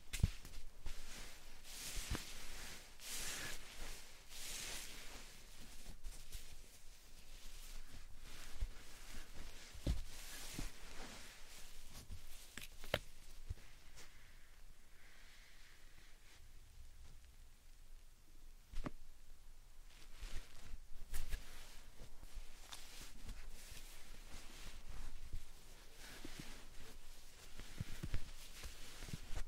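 Slime sand being handled, with soft squishing and bright, crackly rustles that come in irregular bursts. The activity thins into a quieter stretch around the middle before picking up again, with a few sharp clicks near 10, 19 and 21 seconds.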